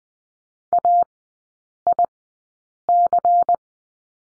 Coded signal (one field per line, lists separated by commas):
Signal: Morse code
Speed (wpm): 20 wpm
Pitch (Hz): 700 Hz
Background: none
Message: AIC